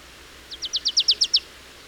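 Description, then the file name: Marsh tit call: a quick run of about eight high, downslurred notes, growing louder, delivered in under a second against quiet background hiss. "Poecile palustris"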